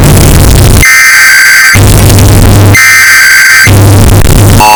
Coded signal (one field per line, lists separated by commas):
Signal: Emergency Alert System (SAME) tones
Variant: header bursts